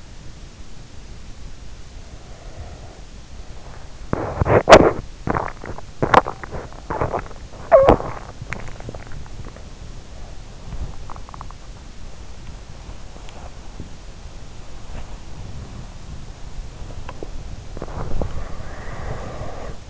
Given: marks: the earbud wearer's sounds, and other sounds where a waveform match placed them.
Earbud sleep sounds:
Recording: sounds in sleep by an in-ear microphone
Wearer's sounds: breath, teeth grinding, body movement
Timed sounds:
1.96-3.77 s: breath
4.04-8.64 s: teeth grinding
8.64-18.58 s: body movement
18.36-19.89 s: breath

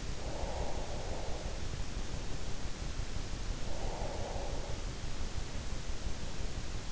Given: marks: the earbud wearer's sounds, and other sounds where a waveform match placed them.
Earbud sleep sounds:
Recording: sounds in sleep by an in-ear microphone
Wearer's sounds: breath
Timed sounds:
0.00-1.87 s: breath
3.36-5.36 s: breath

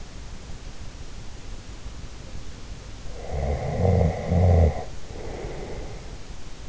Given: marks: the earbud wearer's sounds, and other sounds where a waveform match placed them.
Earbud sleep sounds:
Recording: sounds in sleep by an in-ear microphone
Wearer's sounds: snoring breath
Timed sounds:
3.13-6.13 s: snoring breath

